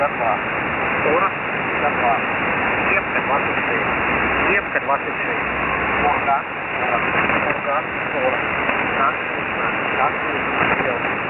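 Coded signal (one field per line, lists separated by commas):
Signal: coded military voice message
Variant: Squeaky Wheel, Russian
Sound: russian voice reading code words and numbers, buried in heavy static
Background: radio static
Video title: The Squeaky Wheel | 21st August 2023 | Breakdown, New Marker, New Frequency, "Dlya" Voice Message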